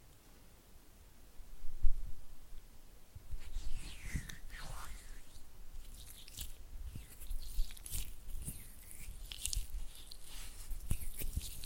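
Oily hand and flutter finger sounds: wet, sticky squelches and quick fluttering taps. After a quiet start with a few soft knocks, dense slippery rubbing begins around three seconds, with sliding squeaks near four seconds and frequent crisp clicks continuing to the end.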